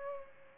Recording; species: mosquito wingbeat signal from an infrared sensor; Culex pipiens